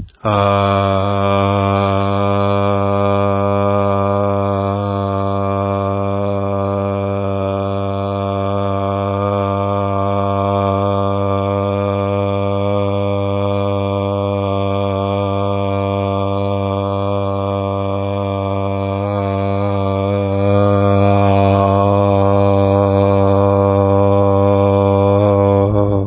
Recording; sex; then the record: sustained vowel /a/; male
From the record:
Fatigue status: no fatigue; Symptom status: symptomatic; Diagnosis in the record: COVID-19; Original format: 3gp